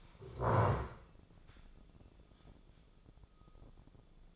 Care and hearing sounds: daily activity, microphone in the room; stand up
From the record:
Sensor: 5

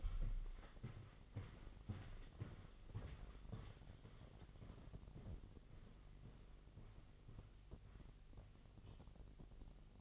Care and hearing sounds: daily activity, microphone in the room; walk to room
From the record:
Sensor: 4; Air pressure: 1000.3 hPa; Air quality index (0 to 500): 214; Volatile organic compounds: 22 ppm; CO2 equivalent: 2768 ppm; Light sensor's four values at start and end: 9/20/8/7 and 9/21/8/8

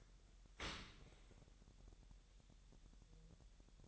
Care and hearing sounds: daily activity, microphone in the room; open dishwasher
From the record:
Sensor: 3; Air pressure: 1000.5 hPa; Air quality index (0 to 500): 248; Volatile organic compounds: 171 ppm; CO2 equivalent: 4108 ppm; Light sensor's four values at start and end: 10/24/10/9 and 10/24/10/9

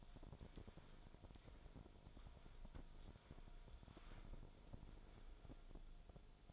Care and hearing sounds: daily activity, microphone in the room; wipe stove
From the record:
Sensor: 5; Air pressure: 1000.6 hPa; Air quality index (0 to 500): 158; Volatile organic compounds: 2 ppm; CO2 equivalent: 1210 ppm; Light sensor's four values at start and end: 49/102/47/53 and 48/102/47/53

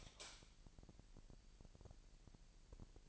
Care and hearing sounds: daily activity, microphone in the room; light on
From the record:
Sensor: 5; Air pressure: 1002.0 hPa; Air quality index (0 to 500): 233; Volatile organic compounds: 34 ppm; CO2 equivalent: 3044 ppm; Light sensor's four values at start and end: 16/37/15/16 and 16/38/15/17

